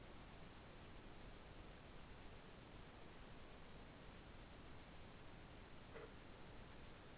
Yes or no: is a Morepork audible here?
no